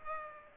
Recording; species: mosquito wingbeat signal from an infrared sensor; Aedes aegypti